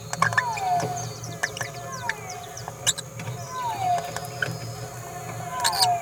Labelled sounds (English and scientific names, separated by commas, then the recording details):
Green-rumped Parrotlet (Forpus passerinus) babbling
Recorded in a nest box in Venezuela
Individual 18B17A4